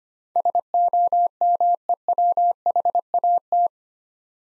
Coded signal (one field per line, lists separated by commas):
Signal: Morse code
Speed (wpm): 25 wpm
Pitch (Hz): 700 Hz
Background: none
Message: SOMEWHAT